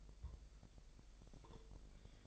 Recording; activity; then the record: daily activity, microphone in the room; take from stove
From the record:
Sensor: 5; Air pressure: 999.5 hPa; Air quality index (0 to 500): 221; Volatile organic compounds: 21 ppm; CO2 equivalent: 2707 ppm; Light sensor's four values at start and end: 30/68/28/27 and 32/73/29/29